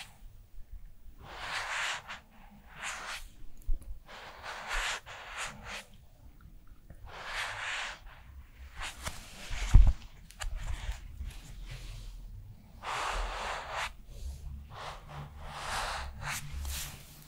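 A skincare routine: soft hissing, brushing sounds come in short bursts, often two or three close together, separated by brief quiet gaps. A low, uneven rumble runs underneath throughout, and a single dull thump lands around ten seconds.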